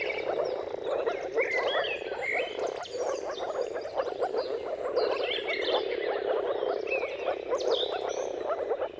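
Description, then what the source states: Many moor frogs calling together in a steady, low bubbling chorus; assorted birdsong sounds above it. Many moor frogs giving mating calls in a dawn chorus at sunrise, at the turn of March and April, timing depending on weather.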